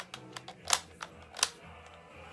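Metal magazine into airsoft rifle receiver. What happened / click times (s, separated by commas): The metal magazine snapped into the receiver and locked / 0.7 s, 1.4 s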